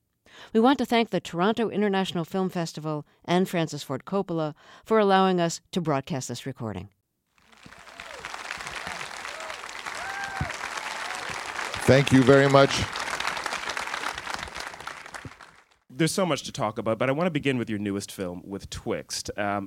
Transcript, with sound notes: We want to thank the Toronto International Film Festival and Francis Coppola for allowing us to broadcast this recording.
(SOUNDBITE OF APPLAUSE)
Thank you very much. There's so much to talk about, but I want to begin with your newest film, with "Twixt."